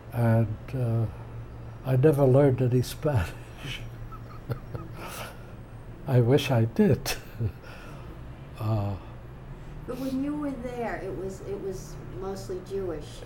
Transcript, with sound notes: And ah, I never learned any Spanish. (laughing) I wish I did.
When you were there, it was mostly Jewish.